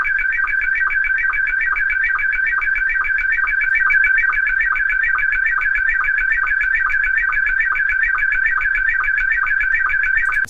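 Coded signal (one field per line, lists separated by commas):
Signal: SSTV (slow-scan television)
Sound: steady warbling, chirping tones with a rhythmic lower blip about twice a second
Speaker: let's talk about slow scan television again. This is what it sounds like. Ready?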